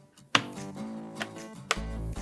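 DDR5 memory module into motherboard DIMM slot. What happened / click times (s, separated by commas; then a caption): The memory module latched into its slot / 0.3 s, 1.7 s. A DDR5 memory module is pressed fully into a motherboard DIMM slot over steady background music with sustained tones. Sharp latch clicks sound at 0.4 s and 1.7 s, and a softer tick comes in between. The module latches home and is confirmed seated and installed.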